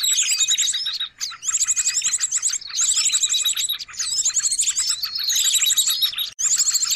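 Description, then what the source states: Birds chattering noisily in loud bursts of dense high chirps and rapid twittering trills, separated by brief pauses. Long-duration noisy bird sounds used as a lure (pikat) to attract birds; master recording.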